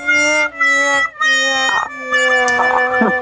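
A light-coated labrador howls in long, drawn-out cries, about four sustained wails separated by brief breaks, holding a fairly steady mid pitch with a loud, rich tone and no talking.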